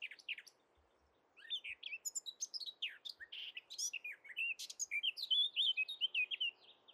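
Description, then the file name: Eurasian blackcap singing: brief scratchy notes, a short gap, then a long rich warble of quick varied phrases ending in clearer, fluty whistled notes. "Sylvia atricapilla"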